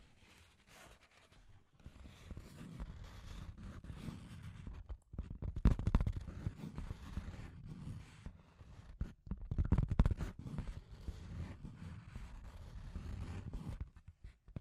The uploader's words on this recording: ASMR The Trigger You Need for Sleep Scratchy Tapping (No Talking).